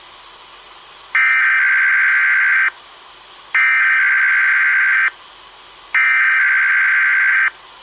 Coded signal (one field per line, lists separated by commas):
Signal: Emergency Alert System (SAME) tones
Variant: header bursts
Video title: EAS 3121-3124 KDKA Testing at 9:11PM